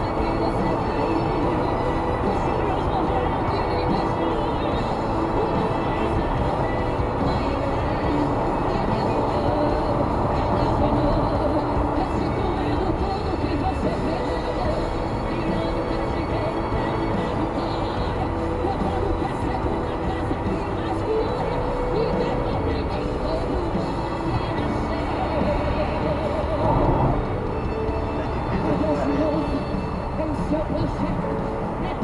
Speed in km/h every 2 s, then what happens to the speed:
120, 121, 120, 119, 118, 118, 121, 123, 122, 120, 123, 124, 122, 120, 116, 114.
0-22 steady at about 120. 22-32 slows to 114.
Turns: none.